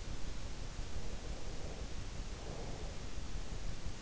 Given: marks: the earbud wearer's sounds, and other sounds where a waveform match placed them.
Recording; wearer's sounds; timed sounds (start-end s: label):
sounds in sleep by an in-ear microphone; breath
0.98-3.13 s: breath